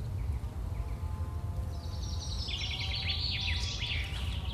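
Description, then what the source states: Birds chirping, bursts of quick high twittering notes mostly in the second half, over steady low rumbling noise throughout. Birds chirping on a field with a farm nearby.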